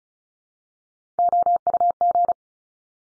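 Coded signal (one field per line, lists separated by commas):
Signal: Morse code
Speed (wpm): 36 wpm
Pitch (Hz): 700 Hz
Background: none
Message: OUG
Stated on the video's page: Morse drill of top three-letter combinations at 35 wpm, each sent, spoken, then sent again for head copy.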